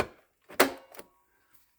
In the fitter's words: you simply put it back in place and you'll hear it click once it goes in